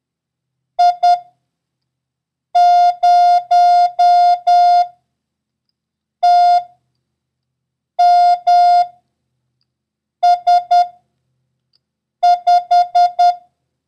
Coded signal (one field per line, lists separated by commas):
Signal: Morse code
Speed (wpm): 10 wpm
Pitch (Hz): 710 Hz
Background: none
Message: I 0 T M S 5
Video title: International Morse Code: Lesson 3